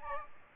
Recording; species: mosquito wingbeat signal from an infrared sensor; Aedes aegypti